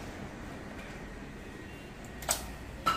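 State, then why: Seated. A door or drawer on a food cart's metal body is closed and locked with a key. After a quiet, steady background, a short sharp sound comes at 2.3 seconds. The lock then clicks loudly at 2.9 seconds, and the cart is locked.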